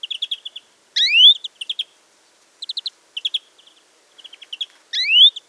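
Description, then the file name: European greenfinch: series of fast chattering chip trills broken by two rising, drawn-out wheezy calls, otherwise quiet background. "Chloris chloris"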